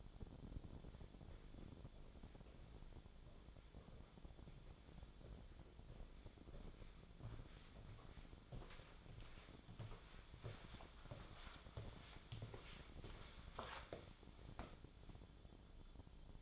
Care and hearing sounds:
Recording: daily activity, microphone in the room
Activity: walk to room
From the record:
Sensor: 5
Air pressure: 1010.2 hPa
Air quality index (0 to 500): 140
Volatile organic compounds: 3 ppm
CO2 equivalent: 1373 ppm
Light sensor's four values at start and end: 278/695/291/319 and 287/672/295/333

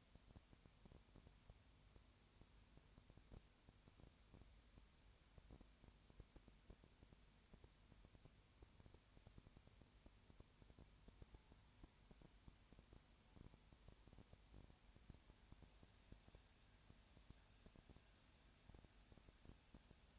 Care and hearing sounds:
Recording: daily activity, microphone in the room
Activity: no activity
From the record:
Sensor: 2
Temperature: 20.4 degrees Celsius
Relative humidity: 35.5%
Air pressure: 1007.1 hPa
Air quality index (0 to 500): 122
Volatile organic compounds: 2 ppm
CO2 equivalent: 1253 ppm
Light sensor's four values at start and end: 2/3/2/2 and 2/3/2/2

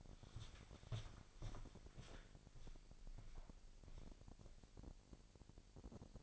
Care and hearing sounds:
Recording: daily activity, microphone in the room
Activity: walk to room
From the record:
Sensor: 5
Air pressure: 1002.1 hPa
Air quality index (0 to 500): 248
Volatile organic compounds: 8 ppm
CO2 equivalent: 2091 ppm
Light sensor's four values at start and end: 25/56/23/25 and 25/58/24/25

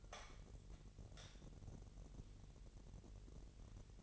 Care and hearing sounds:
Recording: daily activity, microphone in the room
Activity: light on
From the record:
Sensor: 4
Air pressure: 1012.7 hPa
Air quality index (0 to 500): 250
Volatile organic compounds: 4 ppm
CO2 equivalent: 1663 ppm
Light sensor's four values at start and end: 14/32/13/13 and 16/41/16/17

